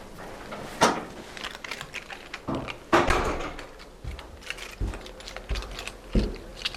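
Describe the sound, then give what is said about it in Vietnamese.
Someone in a hotel stairway checks their wallet, phone and keys before going up another floor, with soft rustling and a few sharp clicks and knocks at irregular intervals. No one speaks. “Nhưng mà trước khi lên coi bóp phone đầy đủ, chìa khóa nữa.”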